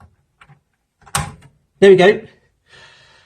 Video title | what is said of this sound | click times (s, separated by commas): Fitting more internal Audiophile Fuses | we're going to pop that into place there | 1.2 s